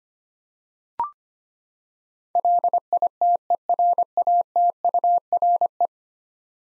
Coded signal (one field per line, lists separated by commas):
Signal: Morse code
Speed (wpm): 25 wpm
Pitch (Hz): 700 Hz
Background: none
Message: LITERATURE